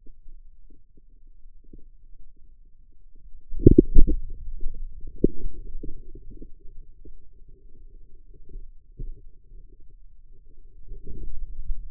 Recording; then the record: forearm muscle sounds (acoustic myography)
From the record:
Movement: inward rotation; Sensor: system 2, bracelet of six BSWA MPA416 microphones around the upper forearm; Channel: 5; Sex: male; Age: 22 years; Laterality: right